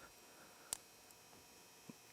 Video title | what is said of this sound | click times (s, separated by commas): How to Replace Polaris ATV Master Cylinder w/ Kit - Partzilla.com | Push up on it until you hear it click into place. | 0.7 s